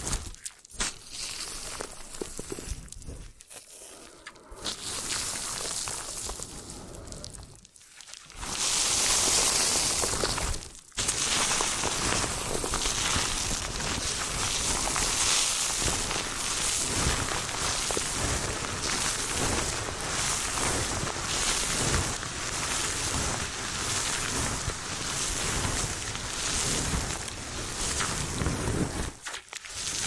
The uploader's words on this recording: ASMR Hypnotic Hair Washing, Brushing and Massage with Layered Sounds (No Talking).